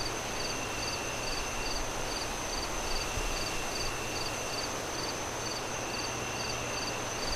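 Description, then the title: Crickets chirping with steady short high notes, paired with a low drone and a thick roar of wind. Crickets chirping at night, moon rising, wind howling through trees in gusts. "Crickets Sounds On A Windy Night"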